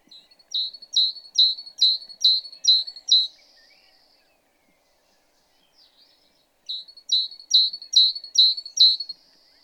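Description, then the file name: Great tit giving two bursts of quick, high, clipped notes in rapid succession, separated by a pause of more than three seconds. "Parus major"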